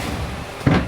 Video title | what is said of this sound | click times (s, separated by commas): Getting our RESTORED wooden sailing BOAT ready for living on! — Sailing Yabá 130 | locks into place and it | 0.7 s